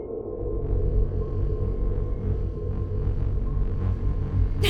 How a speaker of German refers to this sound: Können wir das Signal stören? Das müsste möglich sein, wenn wir ein Signal über den Hyperraumantrieb leiten. Das müsste im Äther ordentlich brummen. Versuchen Sie es. Schnell! Ich sende das Störgeräusch jetzt.